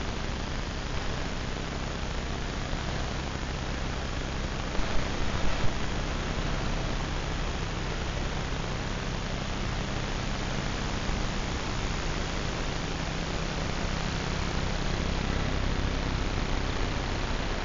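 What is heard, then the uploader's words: Invisible electromagnetic frequencies rendered as a steady, dense hiss with a low hum underneath and a brief burst of crackles around five seconds. Vlad designed it for hearing the invisible electromagnetic frequencies that surround us. Ether is a handheld object, a little black box, that contains a magnetic antenna and an integrated electronic antenna. This episode of sonic sketchbooks is built entirely from sounds detected by Ether as I wandered about the streets of my local neighbourhood.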